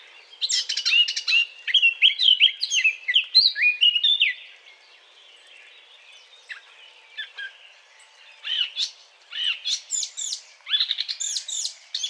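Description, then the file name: Eurasian blackcap song, a sweet warbled phrase, then a quiet gap, then more sharp rising and falling notes. Courtship song; 20 April 2009. "090420 fauvette A- t Aate noire chant de s A©duction LPC"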